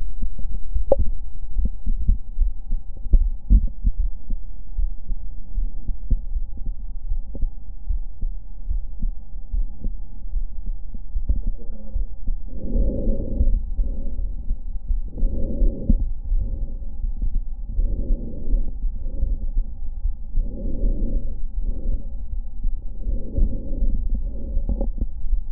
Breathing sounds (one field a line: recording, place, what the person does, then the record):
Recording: lung sounds by stethoscope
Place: left anterior apical chest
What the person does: quiet breathing, then deep breathing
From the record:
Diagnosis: none (healthy)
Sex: male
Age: 29 years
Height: 180 cm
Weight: 100 kg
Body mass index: 30.9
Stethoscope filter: diaphragm mode